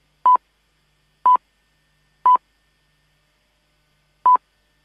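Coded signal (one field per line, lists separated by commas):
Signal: radio time signal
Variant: RAI segnale orario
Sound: four short clean beeps at about 1 kHz, one second apart, with one second skipped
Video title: Cip e ciop agenti speciali errore di segnale orario della rai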